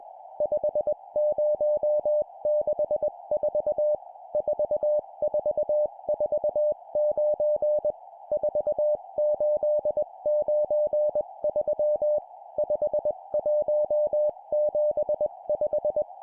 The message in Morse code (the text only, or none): 5064 4449 4893 5175